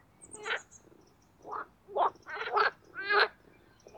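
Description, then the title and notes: Marsh frogs giving separate pulsed croaks, several bursts of rattling laughter with quiet gaps, faint high chirps in the background. Mating chorus of marsh frogs in spring at an artificial boating pond in Oise, France. "au Parc Chédeville dans l'Oise. des grenouilles rieuses se donnent rendez-vous au printemps pour un concert amoureux"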